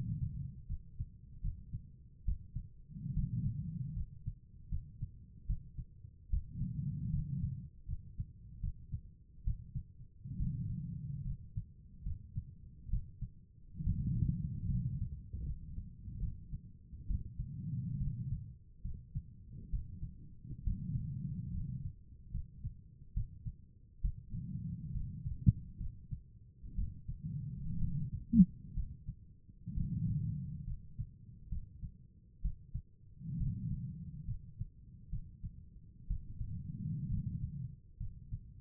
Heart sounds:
heart sounds by stethoscope; 69 bpm
0.67 s: heartbeat
1.42 s: heartbeat
2.26 s: heartbeat
3.14 s: heartbeat
3.94 s: heartbeat
4.70 s: heartbeat
5.47 s: heartbeat
6.30 s: heartbeat
7.11 s: heartbeat
7.86 s: heartbeat
8.61 s: heartbeat
9.45 s: heartbeat
10.37 s: heartbeat
11.23 s: heartbeat
12.04 s: heartbeat
12.90 s: heartbeat
13.84 s: heartbeat
14.68 s: heartbeat
15.44 s: heartbeat
16.20 s: heartbeat
17.08 s: heartbeat
17.99 s: heartbeat
18.82 s: heartbeat
19.71 s: heartbeat
20.64 s: heartbeat
21.52 s: heartbeat
22.32 s: heartbeat
23.14 s: heartbeat
24.02 s: heartbeat
24.92 s: heartbeat
25.78 s: heartbeat
26.76 s: heartbeat
27.79 s: heartbeat
28.74 s: heartbeat
29.74 s: heartbeat
30.65 s: heartbeat
31.49 s: heartbeat
32.42 s: heartbeat
33.38 s: heartbeat
34.26 s: heartbeat
35.10 s: heartbeat
36.08 s: heartbeat
37.09 s: heartbeat
37.98 s: heartbeat
From the record:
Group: healthy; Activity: rest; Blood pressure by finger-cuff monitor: 108/66 mmHg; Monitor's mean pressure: 76 mmHg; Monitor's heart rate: 70 bpm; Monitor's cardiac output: 5.4 L/min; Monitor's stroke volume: 77 mL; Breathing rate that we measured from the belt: 17 breaths a minute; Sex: female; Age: 36 years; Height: 163 cm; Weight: 88 kg

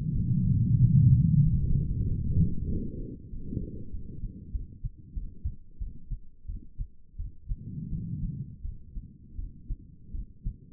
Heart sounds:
heart sounds by stethoscope; 90 bpm
0.12 s: heartbeat
0.79 s: heartbeat
1.42 s: heartbeat
2.06 s: heartbeat
2.69 s: heartbeat
3.30 s: heartbeat
3.92 s: heartbeat
4.53 s: heartbeat
5.15 s: heartbeat
5.79 s: heartbeat
6.47 s: heartbeat
7.18 s: heartbeat
7.90 s: heartbeat
8.63 s: heartbeat
9.37 s: heartbeat
10.12 s: heartbeat
From the record:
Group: healthy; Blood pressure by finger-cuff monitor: 108/74 mmHg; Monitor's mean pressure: 87 mmHg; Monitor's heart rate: 94 bpm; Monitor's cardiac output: 5.4 L/min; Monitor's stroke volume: 59 mL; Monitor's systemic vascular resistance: 1190 dyn s/cm5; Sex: female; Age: 51 years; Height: 162 cm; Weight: 70.04 kg

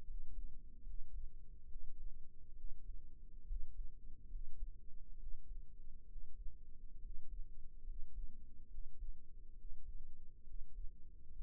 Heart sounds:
heart sounds by microphone in the right ear; 69 bpm
0.05 s: heartbeat
0.84 s: heartbeat
1.66 s: heartbeat
2.55 s: heartbeat
3.46 s: heartbeat
4.29 s: heartbeat
5.17 s: heartbeat
6.07 s: heartbeat
7.00 s: heartbeat
7.85 s: heartbeat
8.69 s: heartbeat
9.55 s: heartbeat
10.44 s: heartbeat
11.37 s: heartbeat
From the record:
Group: healthy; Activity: rest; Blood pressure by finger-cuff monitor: 75/52 mmHg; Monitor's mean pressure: 61 mmHg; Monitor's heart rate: 68 bpm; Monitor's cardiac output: 5.6 L/min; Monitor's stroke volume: 79 mL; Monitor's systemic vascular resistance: 770 dyn s/cm5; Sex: male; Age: 22 years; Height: 181 cm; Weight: 79 kg

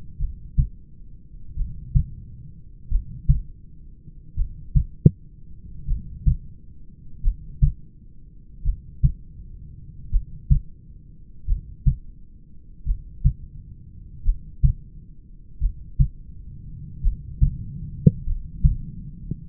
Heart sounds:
heart sounds by stethoscope; 43 bpm
0.23 s: heartbeat
1.60 s: heartbeat
2.94 s: heartbeat
4.40 s: heartbeat
5.91 s: heartbeat
7.26 s: heartbeat
8.68 s: heartbeat
10.15 s: heartbeat
11.51 s: heartbeat
12.89 s: heartbeat
14.28 s: heartbeat
15.64 s: heartbeat
17.06 s: heartbeat
18.29 s: heartbeat
From the record:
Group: heart failure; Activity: rest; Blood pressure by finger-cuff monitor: 120/56 mmHg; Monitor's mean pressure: 77 mmHg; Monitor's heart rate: 43 bpm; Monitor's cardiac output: 5.6 L/min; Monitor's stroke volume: 133 mL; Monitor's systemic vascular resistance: 980 dyn s/cm5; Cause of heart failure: familial cardiomyopathy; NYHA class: 1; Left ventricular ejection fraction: 49%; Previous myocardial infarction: absent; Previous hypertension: absent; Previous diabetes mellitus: absent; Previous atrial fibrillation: absent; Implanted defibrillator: absent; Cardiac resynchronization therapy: absent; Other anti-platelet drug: absent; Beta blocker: bisoprolol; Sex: male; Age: 31 years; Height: 194 cm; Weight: 96 kg

